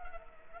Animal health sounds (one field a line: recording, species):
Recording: mosquito wingbeat signal from an infrared sensor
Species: Culex quinquefasciatus